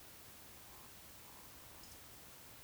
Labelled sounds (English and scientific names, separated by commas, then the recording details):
Eurasian Woodcock (Scolopax rusticola) whistle, Eurasian Woodcock (Scolopax rusticola) croak
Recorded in Baden-Württemberg, Germany, on 19 June 2020 at 20:04 UTC
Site 49006, 684 m above sea level